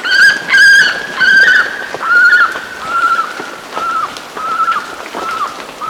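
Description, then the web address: Andean guan giving drawn-out, nasal honks, first loud and rich, then shorter and softer with a slight downward bend, roughly one each second. Ecuador. "Birds of Ecuador. Andean Guan"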